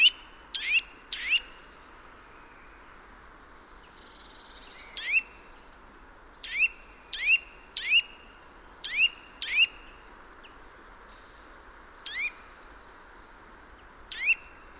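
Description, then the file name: Eurasian nuthatch calls, short sharp upswept notes given singly or in pairs at irregular intervals. "Sitta europaea"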